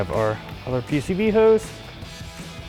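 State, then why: Not seated. Someone talks over background music while handling the PCV hose quick-connect fitting by its plastic port on the intake tube of a JLT cold air intake being installed on a 2024-2025 Mustang GT. The fitting has not clicked or seated yet.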